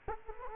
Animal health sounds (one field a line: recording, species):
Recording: mosquito wingbeat signal from an infrared sensor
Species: Culex quinquefasciatus